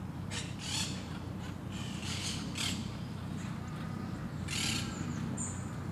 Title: Parc de Forest, 1060 Saint-Gilles, Belgique - Parakeets - Perruches